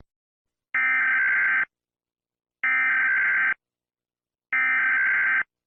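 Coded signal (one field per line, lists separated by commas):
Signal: Emergency Alert System (SAME) tones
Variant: header bursts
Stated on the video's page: Fictional EAS scenario.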